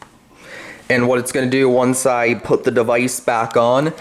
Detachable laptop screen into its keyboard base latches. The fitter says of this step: make sure it clicks into its holders and gets on right